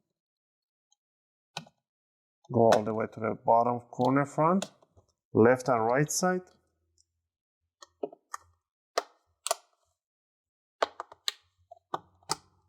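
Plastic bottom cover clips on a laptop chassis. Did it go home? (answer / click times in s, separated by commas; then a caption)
released / 9.0 s, 9.5 s, 10.8 s, 11.3 s. The plastic bottom cover of an ASUS X571GD-BQ234T laptop is pried from the chassis with a guitar pick or opening tool, wiggled around the front corners. Someone talks at first, then sharp clicks ring out at 9.0, 9.5, 10.8 and 11.3 seconds. The snap-in clips release one after another and the cover pops open.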